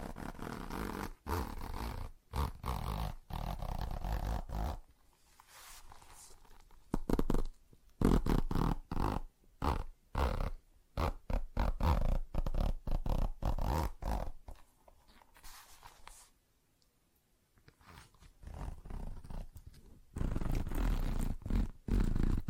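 Tapping, scratching and zipper sounds come in rough, gritty bursts, each a fraction of a second to a few seconds long, separated by sudden silences. The busiest stretches fall in the first five seconds, around seven to sixteen seconds, and again near the end, after a quiet pause around seventeen seconds.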